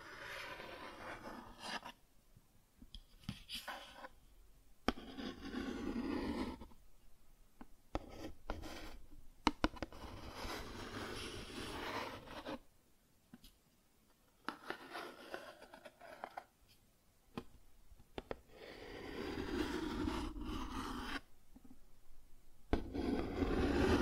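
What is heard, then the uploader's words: Cardboard being scratched and rubbed in irregular bursts, each a dry, raspy scrape lasting one to three seconds. Short silences fall between the strokes, and a few sharp snaps stand out, around five and ten seconds in. Later passages are longer and steadier, with some lower rough rumble. Cardboard Scratching, Tracing, Tearing.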